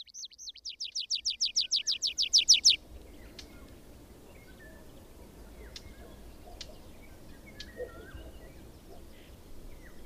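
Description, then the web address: Tree pipit song, a fast series of many repeated high notes that grow louder, then faint chirps over steady low background noise. "Madardalok Erdei pityer"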